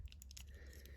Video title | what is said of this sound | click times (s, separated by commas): Transformers generation one sixliner. Japanese exclusive combiner G1 complete collection. Six liner | and then this will click into place and hold there. | 0.2 s